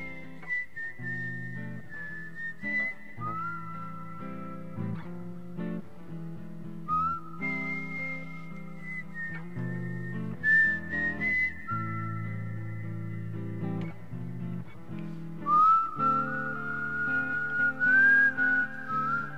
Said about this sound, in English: It was fun though, whistling and playing at the same time though.